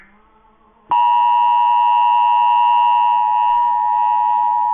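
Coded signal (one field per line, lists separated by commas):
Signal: Emergency Alert System (SAME) tones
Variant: 853 and 960 Hz attention tone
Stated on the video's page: Pennsylvania Required Monthly Test, also carried on TV.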